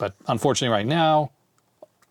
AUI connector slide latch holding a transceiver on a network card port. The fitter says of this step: no it's locked in there okay cool so that worked